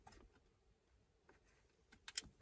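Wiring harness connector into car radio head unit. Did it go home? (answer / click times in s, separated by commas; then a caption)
yes / 2.1 s, 2.2 s. A large black plastic ISO wiring harness connector block (power and speakers) is pushed into the back of an aftermarket GPS multimedia Apple CarPlay head unit being installed in a BMW E39. Low handling rustles and scrapes are followed by two sharp clicks at 2.1 and 2.2 seconds as the connector locks in. The connector is seated.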